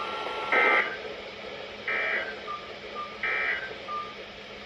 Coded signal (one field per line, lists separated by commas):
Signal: Emergency Alert System (SAME) tones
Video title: Multiple Day Chaos - Alerts from 5/13/25 - 5/16/25 (EAS #1513 - 1541)